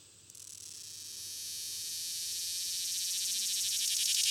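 Swamp cicada buzz starting softly and steadily building in volume, a dry, high, pulsing rattle growing stronger to the end.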